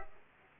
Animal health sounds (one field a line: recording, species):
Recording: mosquito wingbeat signal from an infrared sensor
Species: Culex pipiens